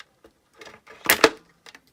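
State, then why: Seated. An Xtra Speed plastic Rubicon Wrangler hard body is pressed down onto a TRX-4 RC crawler chassis, with soft handling rustles first. Two sharp plastic snaps at 1.1 and 1.2 seconds are heard as the body locks onto its mounts. A few faint ticks follow, and the body is seated in place.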